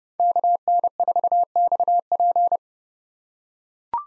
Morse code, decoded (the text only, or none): KN4XP